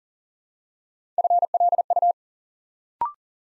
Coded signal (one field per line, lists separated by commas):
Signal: Morse code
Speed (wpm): 41 wpm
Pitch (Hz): 700 Hz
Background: none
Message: FLU